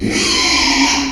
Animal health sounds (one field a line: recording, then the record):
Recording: squeal of a Yucatan mini pig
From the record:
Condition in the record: after surgery on the right vocal fold (resection and tissue-engineered implant)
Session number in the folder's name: 2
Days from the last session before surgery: 13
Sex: male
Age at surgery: 12 weeks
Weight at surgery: 13 kg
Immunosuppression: cyclosporine, prednisolone